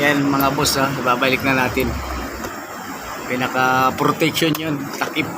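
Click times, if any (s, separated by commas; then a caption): none. On a 2014 Ford Fiesta, after the transmission gear oil has been refilled, the plastic protective top cover is handled as it is brought back over its side clips in the engine bay. Someone talks throughout over a low background rumble. Nothing has seated or clicked yet.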